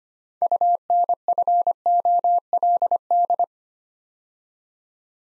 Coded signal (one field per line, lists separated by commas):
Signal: Morse code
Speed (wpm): 25 wpm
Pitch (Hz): 700 Hz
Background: none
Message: UNFOLD